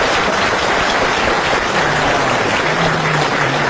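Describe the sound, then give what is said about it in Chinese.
A crosstalk comedy audience breaks into warm, sustained applause at a performer's call for hearty clapping, a dense wash of many hands clapping that stays loud and steady for nearly four seconds with no voices over it. “话说到这儿了，你要是再不唱，你是不是嫌大伙掌声不热烈呀？可以吧，热烈鼓掌。”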